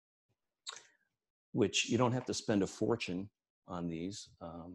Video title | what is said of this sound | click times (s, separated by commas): "Connecting the Pieces" | If you push this button, they fold up like that, and then they snap into place like this. | 0.7 s